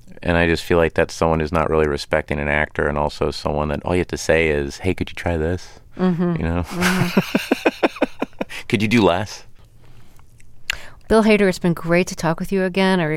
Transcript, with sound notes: And I just feel like that's someone who's not really respecting an actor and also someone that - all you have to say is, hey, could you try this, you know? (Laughter) Could you do less?
Bill Hader, it's been great to talk with you again.